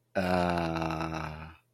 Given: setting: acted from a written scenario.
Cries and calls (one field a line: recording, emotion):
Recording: vocal sound without words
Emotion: confusion